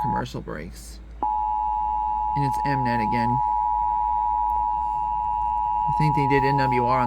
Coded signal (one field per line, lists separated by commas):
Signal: Emergency Alert System (SAME) tones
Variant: 853 and 960 Hz attention tone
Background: speech